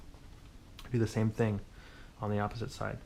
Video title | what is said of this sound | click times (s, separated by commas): Live-stream: $135 NAS Killer Build for Plex & FreeNAS - Intel Xeon, Supermicro, DDR3 ECC, 6x3TB | will click in on its own | 0.8 s